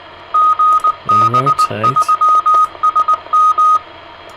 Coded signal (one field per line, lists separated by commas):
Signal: Morse code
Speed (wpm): 19 wpm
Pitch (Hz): 1250 Hz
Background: none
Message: GB3SM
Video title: 7 Band HF Antenna Switcher 2 - Design Tweaks & Show & Tell - G7UIV David